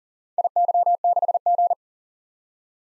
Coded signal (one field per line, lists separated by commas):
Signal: Morse code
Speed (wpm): 40 wpm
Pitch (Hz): 700 Hz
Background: none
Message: IY6G